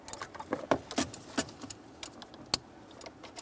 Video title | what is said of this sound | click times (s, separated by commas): How to Replace Steering Column Shift Clamp and Bushing 2001-2005 Ford Explorer Sport Trac | got a nice click there give it a tug | 2.5 s